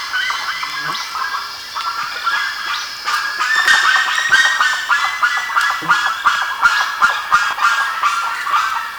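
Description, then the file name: Bird calls, overlapping raspy chattering notes that grow busier and louder midway. "SABIOD 50 bird 2015"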